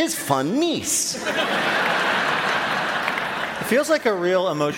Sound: laughter

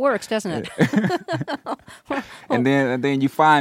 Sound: laughter

